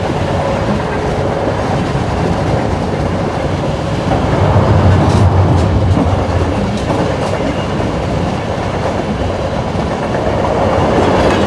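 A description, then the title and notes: A train ride heard from inside the carriage: a steady, dense low rumble with a faint rhythmic clatter of wheels on track. Around the middle the rumble swells and deepens for a few seconds, with brief sharp clicks scattered throughout. Taking a Train Ride.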